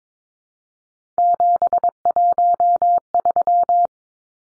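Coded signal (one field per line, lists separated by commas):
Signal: Morse code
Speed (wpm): 22 wpm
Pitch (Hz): 700 Hz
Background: none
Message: 713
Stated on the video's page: Head-copy drill of three-digit numbers at 22 wpm, each number sent in Morse, spoken, then sent again.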